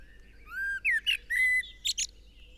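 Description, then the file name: Eurasian blackbird song: a smooth low fluted whistle, then sliding warbled notes and two sharp, very high squeaks closing the phrase. "Turdus merula"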